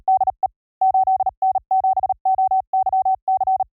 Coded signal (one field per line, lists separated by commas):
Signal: Morse code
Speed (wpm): 38 wpm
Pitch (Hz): 760 Hz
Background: none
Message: DE 8N7OYC